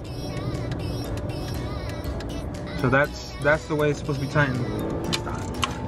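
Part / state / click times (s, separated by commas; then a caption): click-type torque wrench on a valve cover bolt / torque reached / 5.1 s, 5.6 s. A click-type torque wrench set to about 55 inch-pounds tightens a valve cover bolt while someone talks over background music. The wrench clicks at 5.1 s and again at 5.6 s, showing the bolt has reached the set torque, and continuing to crank after the click would risk snapping the bolt.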